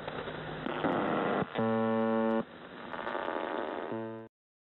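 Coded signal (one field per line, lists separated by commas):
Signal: channel marker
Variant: UVB-76 (The Buzzer)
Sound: hissy radio static broken by two harsh, low buzzes, the second cut short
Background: radio static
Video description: "The Buzzer" is a Russian military radiostation that broadcasts on 4625 kHz.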